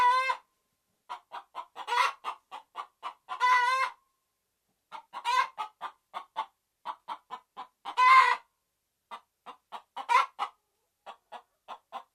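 Red junglefowl clucks in loose series, punctuated by several long, rasping, harmonic calls.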